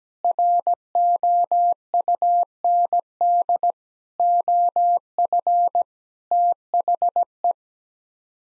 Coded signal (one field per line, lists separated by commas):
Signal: Morse code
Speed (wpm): 17 wpm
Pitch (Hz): 700 Hz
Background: none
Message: ROUND OF THE